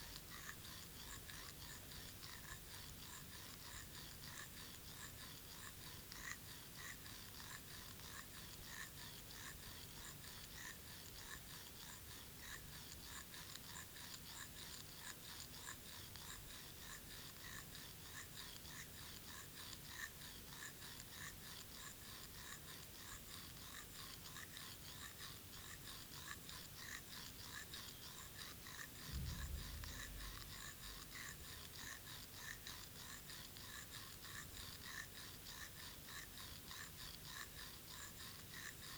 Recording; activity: daily activity, guitar pickup as the sensor; brush teeth